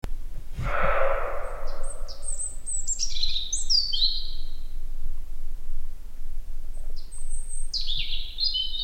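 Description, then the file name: European robin delivering high, thin, trilling and sliding phrases in two bouts, after an opening rushing noise, over a continuous low-pitched rumble. "Erithacus rubecula"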